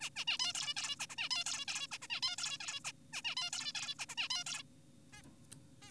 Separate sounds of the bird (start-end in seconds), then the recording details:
0.01-0.10, 0.16-0.25, 0.28-0.38, 0.40-0.53, 0.55-0.74, 0.76-0.96, 1.00-1.06, 1.10-1.16, 1.18-1.29, 1.31-1.44, 1.46-1.65, 1.68-1.87, 1.92-1.98, 2.02-2.08, 2.10-2.21, 2.23-2.36, 2.38-2.58, 2.61-2.80, 2.85-2.92, 3.13-3.22, 3.25-3.35, 3.37-3.50, 3.53-3.72, 3.75-3.95, 3.99-4.06, 4.09-4.15, 4.18-4.28, 4.30-4.44, 4.46-4.63, 5.13-5.22, 5.82-5.91. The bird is an adult. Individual g4p5U